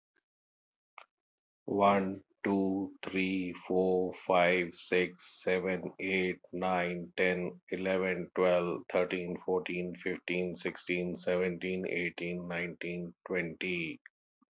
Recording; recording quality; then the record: counting at a normal pace; excellent, no background noise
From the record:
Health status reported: healthy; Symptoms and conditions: none ticked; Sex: male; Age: 51 years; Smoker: not ticked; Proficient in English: yes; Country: India